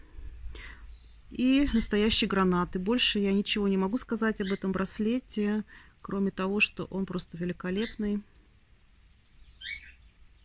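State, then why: Not seated. A vintage metal bracelet set with garnets is being handled as its small clasp is about to be closed onto its catch. A woman talks through most of the clip, followed by quiet handling sounds near the end. Nothing has seated or clicked yet.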